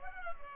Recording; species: mosquito wingbeat signal from an infrared sensor; Culex pipiens